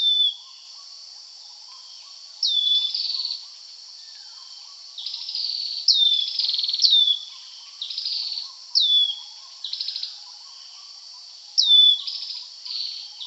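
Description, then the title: Dark-necked tailorbird calls: bright whistles sliding downward, paired with grating buzzy trills, repeated in uneven bursts, with faint lower chirps beneath. Subspecies Orthotomus atrogularis anambensis; sound rendered as 'prenjk-gnung'. "prenjk gnung. Dark-necked Tailorbird (Orthotomus atrogularis anambensis)"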